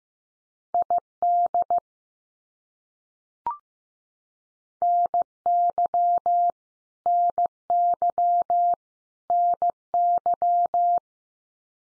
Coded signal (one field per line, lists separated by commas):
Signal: Morse code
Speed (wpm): 15 wpm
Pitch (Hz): 700 Hz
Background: none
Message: ID NY NY NY